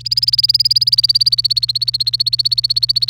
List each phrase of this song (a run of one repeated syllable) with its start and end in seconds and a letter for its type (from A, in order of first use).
0.00-3.09 A